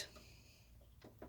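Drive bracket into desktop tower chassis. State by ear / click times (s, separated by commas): not seated / none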